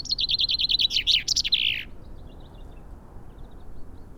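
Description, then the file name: Common chaffinch song: the tail of a rapid descending trill finishing with an emphatic flourish, then quiet with faint bird notes. "Fringilla coelebs"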